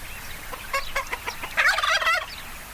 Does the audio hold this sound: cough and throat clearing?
no